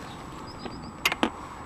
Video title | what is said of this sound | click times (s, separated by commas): Honda CMX1100 Rebel DCT Review | is you've got the ignition key you push it in and you turn it until it clicks | 1.1 s